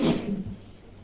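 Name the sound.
sneeze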